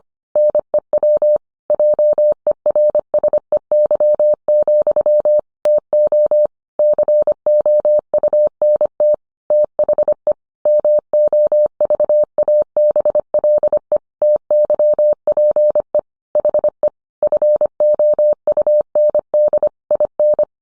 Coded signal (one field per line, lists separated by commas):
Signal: Morse code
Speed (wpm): 25 wpm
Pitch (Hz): 600 Hz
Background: none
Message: NEW JERSEY, TO COUNT THE MOVABLE TYPE HE FOUND IN